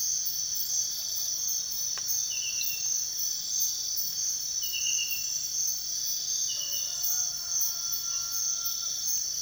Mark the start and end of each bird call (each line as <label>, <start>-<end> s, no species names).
bird call, 6.58-8.94 s